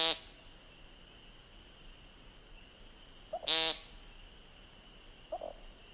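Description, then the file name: American Woodcock calling a harsh, buzzy peent twice, about three and a half seconds apart, with a faint softer note after and a constant high hum behind. "Scolopax minor - American Woodcock"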